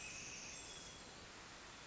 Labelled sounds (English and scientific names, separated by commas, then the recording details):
Pacific Wren (Troglodytes pacificus)
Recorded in Sonoma County, California